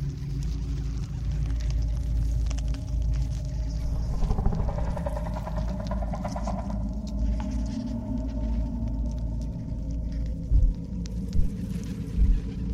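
An alien hive ambience rumbles low and steady throughout, with a dense churning drone beneath faint skittering patter. From about four to seven seconds a brighter buzzing, chittering layer swells in the middle. Two short louder thumps break through near ten and a half and twelve seconds.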